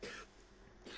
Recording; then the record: coughing mixed with background sound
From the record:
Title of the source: 64 coughing, allergies, singing lungs